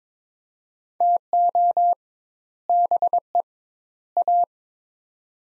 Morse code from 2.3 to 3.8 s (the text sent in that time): BE